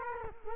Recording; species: mosquito wingbeat signal from an infrared sensor; Culex quinquefasciatus